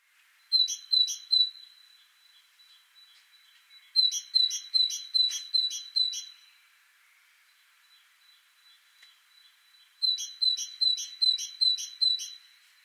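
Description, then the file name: Great tit giving three bursts of fast, ringing repeated notes, separated by pauses of a few seconds. "Parus major"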